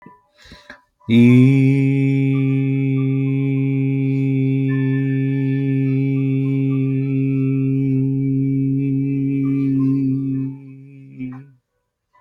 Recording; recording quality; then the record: sustained vowel as in beet; moderate, slight background noise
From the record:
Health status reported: healthy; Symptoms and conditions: none ticked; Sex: male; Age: 37 years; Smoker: not ticked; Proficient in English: yes